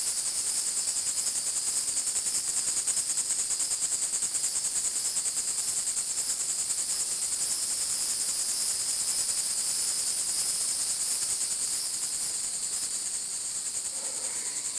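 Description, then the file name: Cicadas buzzing, a steady high shimmering drone with a fine rapid pulse that holds unbroken throughout, easing slightly near the end. Insect noise recorded at Fort Matanzas. "phb. insect noise at ft matanzas"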